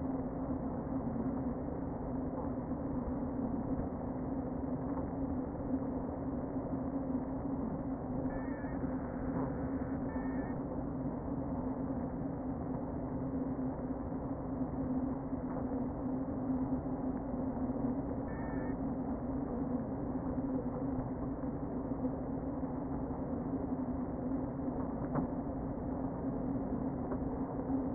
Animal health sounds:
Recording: honeybee colony, microphone inside the hive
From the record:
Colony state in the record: queen present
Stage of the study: before two queens were removed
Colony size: about 60,000 bees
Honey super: yes

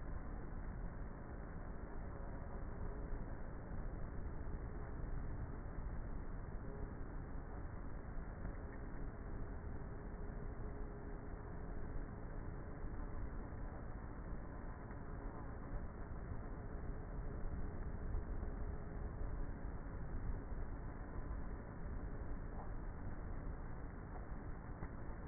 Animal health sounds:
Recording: honeybee colony, microphone inside the hive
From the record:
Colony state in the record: queenless with a low population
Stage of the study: before two queens were removed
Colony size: about 30,000 bees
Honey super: no

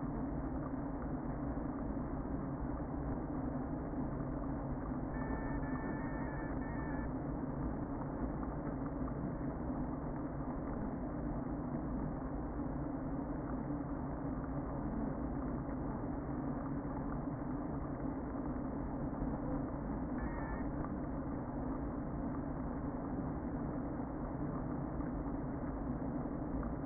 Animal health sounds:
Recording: honeybee colony, microphone inside the hive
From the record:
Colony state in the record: queen present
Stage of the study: before two queens were removed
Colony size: about 60,000 bees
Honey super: yes

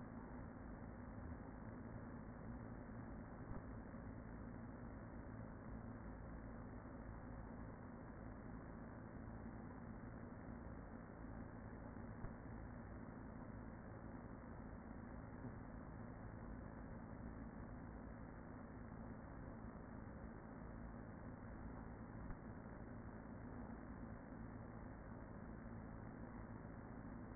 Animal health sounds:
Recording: honeybee colony, microphone inside the hive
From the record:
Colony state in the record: queen present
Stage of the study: after two queens were removed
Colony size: about 40,000 bees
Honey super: no

